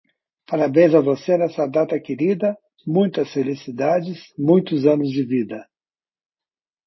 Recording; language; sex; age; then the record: short text; Brazilian Portuguese; male; 60 to 69 years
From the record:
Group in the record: control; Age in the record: 69 years